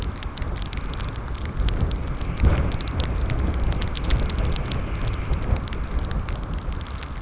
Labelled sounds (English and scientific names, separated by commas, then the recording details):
none
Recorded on Arctic tundra, site CORI-1, on 15 June 2018
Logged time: 12:00